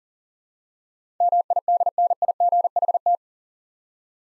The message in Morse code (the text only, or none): MIDNIGHT